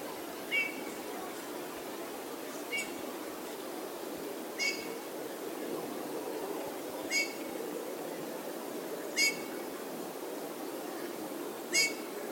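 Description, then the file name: Eurasian bullfinch calls: six soft, short piping notes, evenly spaced, over a steady background hiss. "Pyrrhula pyrrhula"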